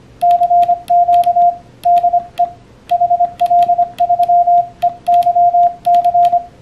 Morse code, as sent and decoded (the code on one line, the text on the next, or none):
-.-. --.- / -.. . / .... .-.. ...-- . -.-- -.-.
CQ DE HL3EYC